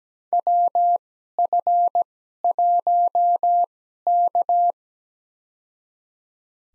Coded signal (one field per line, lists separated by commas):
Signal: Morse code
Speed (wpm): 17 wpm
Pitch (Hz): 700 Hz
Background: none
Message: WF1K